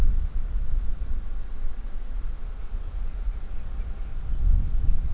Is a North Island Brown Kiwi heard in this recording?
no